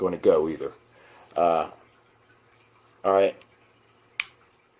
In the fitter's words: you heard that click? That's trigger resetting.